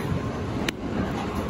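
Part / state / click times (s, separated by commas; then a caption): thumb grip insert into bowling ball thumb-hole housing / seated / 0.7 s. A DV8 Captiv8 twist-lock thumb grip insert is twisted and pushed into its housing in a bowling ball's thumb hole. Over a steady low background rumble, a sharp, short click rings out at 0.7 s as the insert seats.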